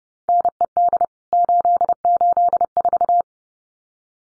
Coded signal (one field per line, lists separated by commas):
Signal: Morse code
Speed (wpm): 30 wpm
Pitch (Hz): 700 Hz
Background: none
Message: NED 884